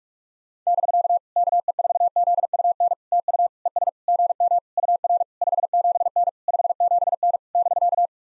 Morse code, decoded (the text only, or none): <BK> KE4ZUN TU ES GM UR 57N 57N <BK>